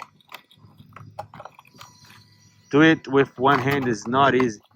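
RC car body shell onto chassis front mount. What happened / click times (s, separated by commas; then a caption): The plastic shell is being handled and has not clicked home yet / none. The plastic body shell of a UDIRC 1610S 1/16-scale RC truck is handled and pressed down toward its front mount on the chassis, making faint scattered ticks and rattles during the first two seconds. Someone then talks. Nothing has seated or clicked yet.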